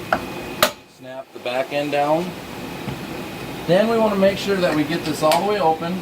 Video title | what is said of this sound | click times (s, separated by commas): Vise Jaw Installation on Teco Tower Part 2 | it like that and then snap | 0.1 s, 0.6 s